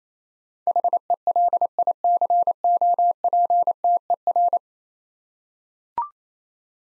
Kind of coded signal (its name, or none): Morse code